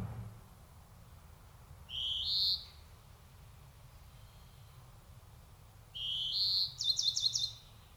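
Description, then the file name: European greenfinch giving two rising wheezy notes about four seconds apart, the second followed by a quick twittering run. "Chloris chloris"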